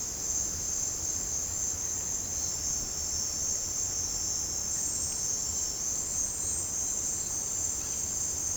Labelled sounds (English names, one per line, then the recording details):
none
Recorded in pastures near Puerto Asís, Putumayo, Colombia, on 29 June 2025 at 16:00
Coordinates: 0.496, -76.326
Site GP01